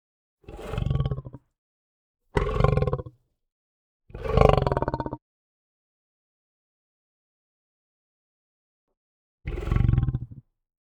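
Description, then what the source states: Lion growling, four deep rumbling growls of about a second each, three close together, then a pause of several seconds before the last. Very calm growl.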